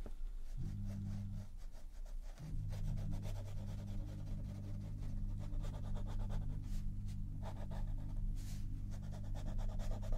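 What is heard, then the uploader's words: Pencils scratch and tap across paper in quick, dense strokes, with small clicks and rattles scattered through. A steady low hum sits underneath, starting just after the first second, dropping out briefly, then running to the end. ASMR Relaxing Colouring- Pencil Sounds and Visual Triggers.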